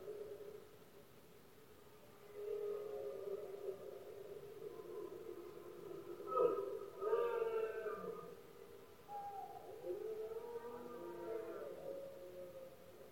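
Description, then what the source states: Red deer bellowing: drawn-out, low harmonic moans, starting after two quiet seconds and swelling again near seven and eleven seconds. Male stags bellowing during the rutting season, known locally as berrea or brama del ciervo, in Spain; calls most noticeable at night when surroundings are quiet.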